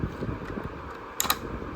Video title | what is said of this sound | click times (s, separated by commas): My grandpa’s gift 🎁 ❤️#pragangn #baby #cutebaby #lovefrompragan #trending #funny #train | lock ஆயிடுச்சு so now இந்த remote இருக்கு இல்லையா இந்த ரிமோட்ல ஃபார்வர்ட் | 1.2 s, 1.3 s